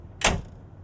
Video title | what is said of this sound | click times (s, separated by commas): Still Worth The Price? - 2021 Toyota Tacoma TRD Sport 4x4 POV Review (Binaural Audio) | that's a nice click that's that toyota quality | 0.2 s